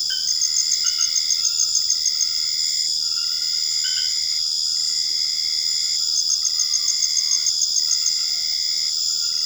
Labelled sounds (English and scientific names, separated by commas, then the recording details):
none
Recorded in secondary vegetation near Puerto Asís, Putumayo, Colombia, on 8 March 2025 at 23:30
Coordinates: 0.488, -76.319
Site G095